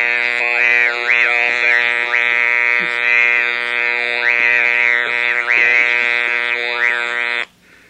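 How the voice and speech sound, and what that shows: A steady, flat mechanical buzz at one fixed pitch carries about seven seconds of an adult man's speech. Vowels and consonants are shaped over it, with no natural rise or fall in pitch. This is electrolarynx speech, with the device held in front of the lips.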